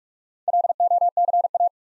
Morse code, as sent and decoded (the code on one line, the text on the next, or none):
.-.. --- -.-. .-
LOCA